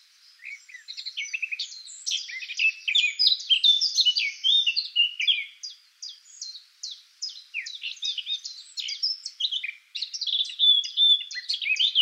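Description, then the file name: Eurasian blackcap song, a sustained dense warble of varied scratchy and whistled notes with little pause. "Sylvia atricapilla"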